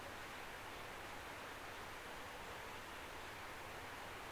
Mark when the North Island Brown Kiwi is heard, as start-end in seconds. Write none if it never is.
none